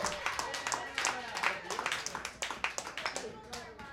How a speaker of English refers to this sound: a round of applause tonight for being our friend.